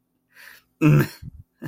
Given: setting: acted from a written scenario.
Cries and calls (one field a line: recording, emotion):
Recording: vocal sound without words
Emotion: contempt